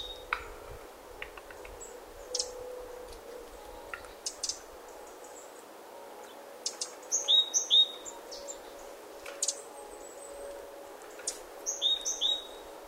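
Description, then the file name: Great tit song: short bursts of clear two-note phrases, a high note dropping to a lower one, heard twice among faint scattered ticks and chips. "Parus major"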